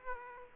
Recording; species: mosquito wingbeat signal from an infrared sensor; Aedes aegypti